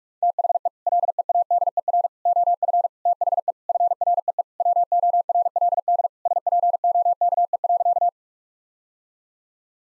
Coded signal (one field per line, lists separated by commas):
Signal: Morse code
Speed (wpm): 44 wpm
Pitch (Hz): 700 Hz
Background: none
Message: THE LEADER OF THE FREE WORLD SPOKE.